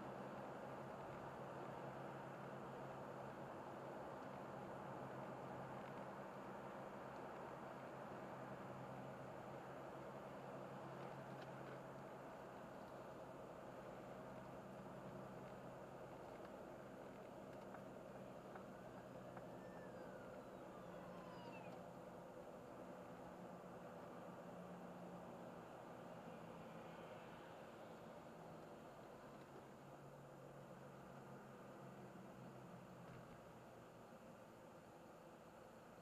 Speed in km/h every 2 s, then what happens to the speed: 75, 74, 73, 73, 74, 74, 73, 73, 72, 70, 69, 67, 63, 61, 52, 48, 43, 40.
0-19 steady at about 73. 19-36 slows to 40.